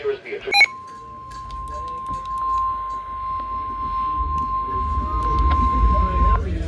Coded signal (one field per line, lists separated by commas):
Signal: Emergency Alert System (SAME) tones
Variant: 1050 Hz attention tone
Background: speech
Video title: The Unusual (EAS 549-573)